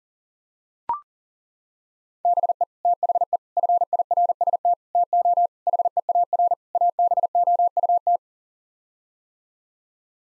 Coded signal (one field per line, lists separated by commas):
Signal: Morse code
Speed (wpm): 40 wpm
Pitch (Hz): 700 Hz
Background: none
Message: BE THE FIRST TO HEAR ABOUT